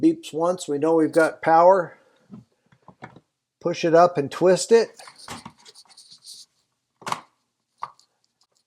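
A new hardwired smoke detector with a plastic housing is pushed up onto its ceiling mounting bracket and twisted until it locks in place. Someone talks, followed by faint handling taps and a short burst near 7.1 s. A sharp click at 7.8 s marks the detector locking onto the bracket.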